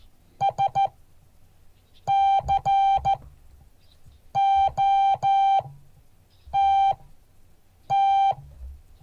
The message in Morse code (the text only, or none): SCOTT